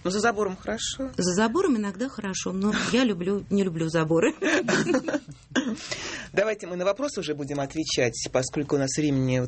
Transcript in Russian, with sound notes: Ну, за забором хорошо?
За забором иногда хорошо, но я люблю… не люблю заборы.
(смех) Давайте мы на вопросы уже будем отвечать, поскольку у нас времени…